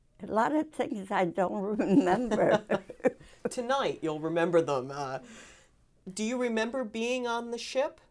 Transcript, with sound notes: A lot of things I don't remember. (they laugh)
Tonight you'll remember them. Do you remember being on the ship?